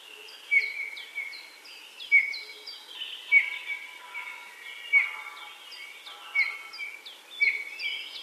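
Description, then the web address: Eurasian bullfinch calls: bright short whistled notes repeated every one to two seconds, over a background of thin downslurred high notes and twittering. "Голоса птиц Снегирь"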